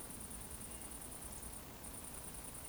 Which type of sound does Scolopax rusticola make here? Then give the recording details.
whistle. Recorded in Baden-Württemberg, Germany, on 25 June 2020 at 19:57 UTC. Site 14569, 102 m above sea level